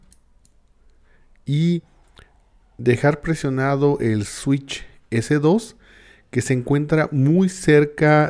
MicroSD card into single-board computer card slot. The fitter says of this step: Escuchar El clic cuando la presionen y